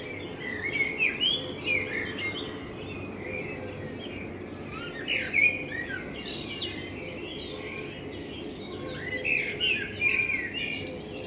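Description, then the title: Common blackbird singing: short whistled phrases with twittering tails, repeated in bursts with gaps, over a low constant hum. Blackbird in front of the recordist's window; binaural sound made with a homemade dummy head, intended for headphone listening. "Kunstkopfaufnahme der Amsel vor meinem Fenster"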